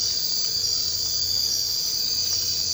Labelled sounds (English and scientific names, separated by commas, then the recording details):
none
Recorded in secondary vegetation near Puerto Asís, Putumayo, Colombia, on 24 March 2025 at 01:30
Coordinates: 0.502, -76.326
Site G100